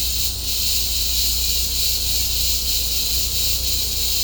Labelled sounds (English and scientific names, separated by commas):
none